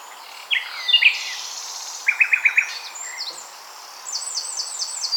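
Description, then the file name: Common nightingale song with a short burst of five sharp repeated notes, then a high rapid run of thin trilled elements. "Luscinia megarhynchos"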